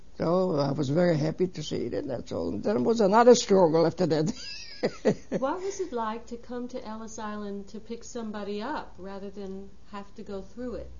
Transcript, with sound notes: so I was very happy to see her, and that's all. It was a lot of struggle after that. ( he laughs )
What was it like to come to Ellis Island to pick somebody up rather than have to go through it.